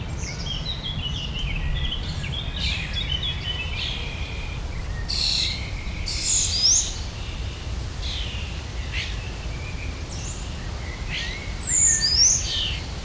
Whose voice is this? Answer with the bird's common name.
European Starling